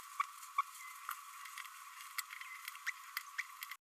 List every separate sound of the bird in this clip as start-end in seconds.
0.58-0.61, 2.87-2.90, 3.39-3.42